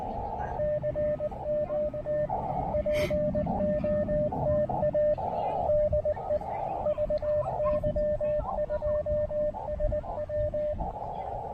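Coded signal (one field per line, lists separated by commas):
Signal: Morse code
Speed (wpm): 20 wpm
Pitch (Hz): 600 Hz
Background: radio noise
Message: CMT POTA DE VY2SW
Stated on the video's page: CW from a POTA park activation using an Elecraft KX2 with an AX1 antenna.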